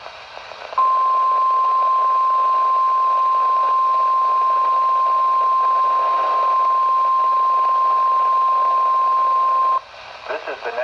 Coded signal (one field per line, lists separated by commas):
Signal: Emergency Alert System (SAME) tones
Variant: 1050 Hz attention tone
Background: speech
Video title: EAS #208 (Required Weekly Test)